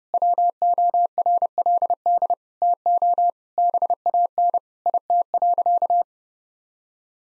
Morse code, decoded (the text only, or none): WORLD TO BAN IT.